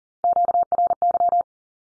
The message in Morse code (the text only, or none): QRY